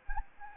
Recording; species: mosquito wingbeat signal from an infrared sensor; Anopheles gambiae